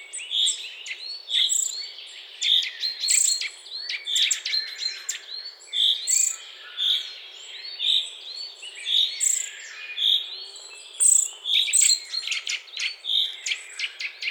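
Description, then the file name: Eurasian nuthatch calls, short arched whistled notes repeated many times, with higher thin notes mixed in. "Sitta europaea"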